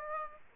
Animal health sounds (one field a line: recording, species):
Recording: mosquito wingbeat signal from an infrared sensor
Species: Aedes aegypti